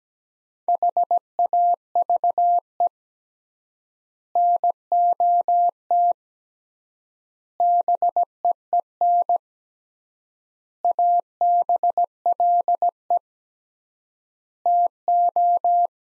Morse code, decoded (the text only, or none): HAVE NOT BEEN ABLE TO